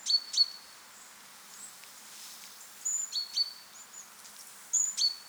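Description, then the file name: Great tit calls: short, thin high-pitched notes, some sharply struck and held briefly, given in small clusters at the start and again after a quiet gap, over faint background hiss. "Parus major"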